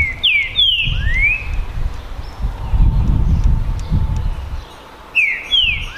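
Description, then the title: Green-winged saltator whistled song phrases at the start and end, with a rumbling low background noise in between. Song contest between two male trinca-ferros named Naval and Demolidor, 2022 season; birds calling, singing and giving the 'macheando' male dueling song in competition. "TRINCA Piando, Cantando E Macheando Na DISPUTA. DISPUTA DE TRINCA FERRO NAVAL VS DEMOLIDOR 2022! TEMPORADA 2022!"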